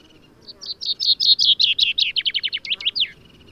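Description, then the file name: Common chaffinch song: bright high notes accelerating into a rattling descending trill, finishing with a couple of emphatic downslurred notes. "Fringilla coelebs"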